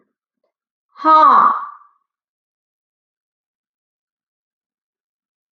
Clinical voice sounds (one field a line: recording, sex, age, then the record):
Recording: vowel held as long as possible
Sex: female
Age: 20 to 29 years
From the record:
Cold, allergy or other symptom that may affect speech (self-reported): no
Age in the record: 28 years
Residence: Texas, United States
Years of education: 20